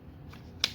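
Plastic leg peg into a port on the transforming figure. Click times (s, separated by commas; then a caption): 0.6 s. A plastic leg peg is plugged into its port while transforming a Transformers Legacy Evolution Armada Universe Megatron plastic action figure. A faint tick sounds at 0.3 s, then a sharp plastic snap at 0.6 s as the peg seats into place.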